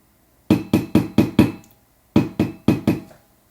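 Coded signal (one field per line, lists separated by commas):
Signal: tap code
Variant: Vietnam POW tap code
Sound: five quick knocks on a dish, short pause, then four more knocks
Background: small room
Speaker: this is why god bless you that's the tap code that saved many lives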